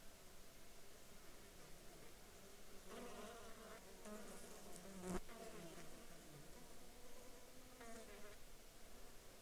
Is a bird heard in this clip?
no